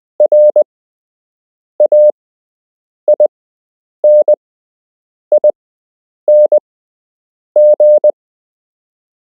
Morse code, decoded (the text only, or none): RAINING